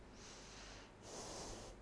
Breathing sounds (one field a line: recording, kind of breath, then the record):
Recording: one breath in and out by a microphone near the nose and mouth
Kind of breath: deep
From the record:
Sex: female